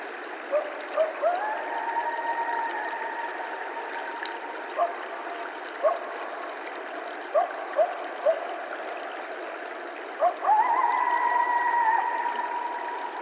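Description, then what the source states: Coyotes howling, long steady wails near one pitch with short yips breaking in, and a second howl starting late. Several coyotes at night, recorded 12 July 2010.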